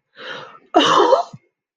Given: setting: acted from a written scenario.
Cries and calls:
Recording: vocal sound without words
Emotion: elation

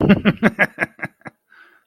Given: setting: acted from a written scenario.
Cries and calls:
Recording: vocal sound without words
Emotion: amusement

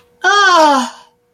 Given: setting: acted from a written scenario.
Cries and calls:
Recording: vocal sound without words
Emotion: disgust

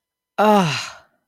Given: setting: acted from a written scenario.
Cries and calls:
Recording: vocal sound without words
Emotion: relief

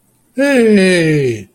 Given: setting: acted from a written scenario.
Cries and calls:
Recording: vocal sound without words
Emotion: positive surprise

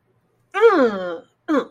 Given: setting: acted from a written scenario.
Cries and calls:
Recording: vocal sound without words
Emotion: pride

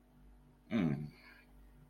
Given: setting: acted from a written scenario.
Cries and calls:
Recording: vocal sound without words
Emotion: contentment

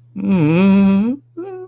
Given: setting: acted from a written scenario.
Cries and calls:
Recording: vocal sound without words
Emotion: fear

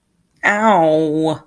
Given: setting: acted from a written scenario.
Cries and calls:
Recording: vocal sound without words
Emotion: pain

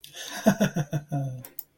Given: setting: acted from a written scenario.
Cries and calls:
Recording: vocal sound without words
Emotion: amusement

